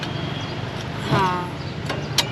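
A section of a Red Rooster Performance (RRP) matte black exhaust for a Royal Enfield Himalayan BS6 motorcycle is turned to the right orientation and handled against the mating exhaust pipe, with light scraping and brief knocks around 1.9 s and 2.2 s while someone talks. Nothing has seated or locked into place yet.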